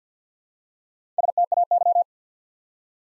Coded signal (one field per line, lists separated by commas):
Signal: Morse code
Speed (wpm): 48 wpm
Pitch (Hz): 700 Hz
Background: none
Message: STAY